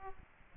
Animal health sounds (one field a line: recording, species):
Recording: mosquito wingbeat signal from an infrared sensor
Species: Aedes aegypti